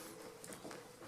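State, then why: Seated. A press stud on the underside of a fabric sofa arm cover is pushed together, giving short, sharp clicks at 0.4, 0.5 and 0.7 seconds over a low steady background hum. The stud snaps into place and is seated.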